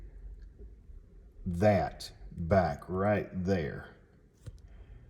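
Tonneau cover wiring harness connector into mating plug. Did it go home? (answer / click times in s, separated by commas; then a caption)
yes / 4.5 s, 4.6 s. A plastic wiring connector for a tonneau cover wiring harness is pushed into its mating plug until the small tabs in its white holes snap into the back. Someone talks first, then two sharp clicks are heard at about 4.5 s and 4.6 s. The connector is seated and good.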